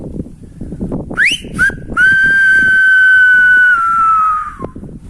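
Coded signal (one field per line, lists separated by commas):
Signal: whistled language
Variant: Silbo Gomero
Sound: two short rising whistles, then a long steady whistle dropping slightly at the end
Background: low background chatter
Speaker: in everyday life it's very common to use phrases such as bankers come here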